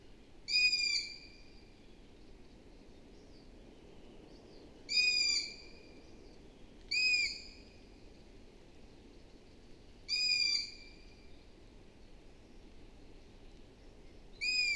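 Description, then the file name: Long-eared owl giving a high, squeaky call, five times over about fifteen seconds at uneven gaps of two to five seconds, with a soft hiss underneath. "Hibou moyen-duc - Asio otus"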